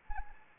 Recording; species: mosquito wingbeat signal from an infrared sensor; Anopheles arabiensis